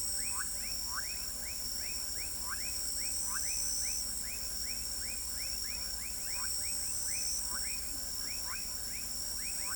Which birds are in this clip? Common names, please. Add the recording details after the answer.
none. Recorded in pastures near Pivijay, Magdalena, Colombia, on 4 June 2023 at 19:30. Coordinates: 10.456, -74.369. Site P6-G026